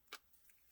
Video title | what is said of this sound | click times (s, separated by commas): Legion H500 UNBOXING + REVIEW gaming headset | And when you're done, all you got to do is just push it back in till it snaps, | 0.1 s